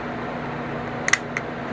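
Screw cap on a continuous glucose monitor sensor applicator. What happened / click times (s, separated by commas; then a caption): The plastic cap snapped free / 1.1 s. A screw cap on a plastic FreeStyle Libre 2 continuous glucose monitor sensor applicator is unscrewed and snapped off, breaking the seal. Sharp snaps are heard at 1.1 s and 1.1 s, followed by a softer click near 1.4 s over a low steady background hum. The cap is released.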